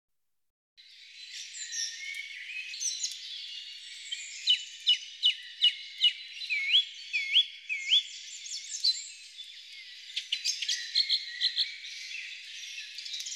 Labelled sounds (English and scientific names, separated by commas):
Song Thrush (Turdus philomelos) song